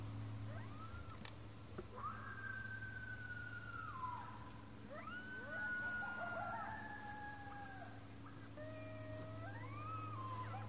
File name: Coyotes Howling